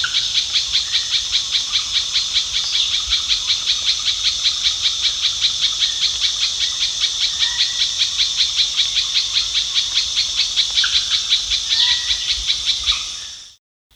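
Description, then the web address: Little spiderhunter calling in a long, fast series of sharp, high chipping notes, steady throughout, then stopping abruptly. Recorded at Danum on 1 January 2008. "DANUM 20080101. little spiderhunter"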